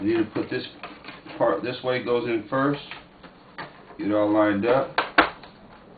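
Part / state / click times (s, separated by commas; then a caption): plastic rear cover on an all-in-one computer chassis / seated / 5.2 s. Someone talks while lining up the plastic back cover of a Dell Inspiron 2330 all-in-one computer after replacing the hard drive, then pushes it in. A sharp snap at 5.2 seconds is the cover seating into place.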